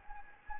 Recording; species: mosquito wingbeat signal from an infrared sensor; Anopheles gambiae